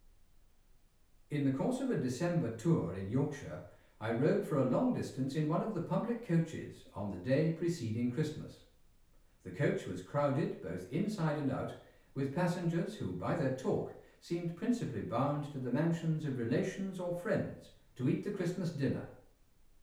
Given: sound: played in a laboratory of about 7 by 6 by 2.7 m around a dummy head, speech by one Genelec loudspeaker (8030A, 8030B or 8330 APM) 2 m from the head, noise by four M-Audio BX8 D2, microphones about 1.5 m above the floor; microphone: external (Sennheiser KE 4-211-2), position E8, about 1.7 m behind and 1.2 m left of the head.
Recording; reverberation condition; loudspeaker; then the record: male speech in English; medium; 90 degrees to the right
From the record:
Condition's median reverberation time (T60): about 510 ms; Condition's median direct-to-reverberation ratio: about -0.5 dB